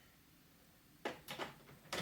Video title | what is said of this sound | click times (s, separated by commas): Shark clean & empty cordless vacuum unboxing BU3521 | Should just click right in here. | 1.1 s, 1.9 s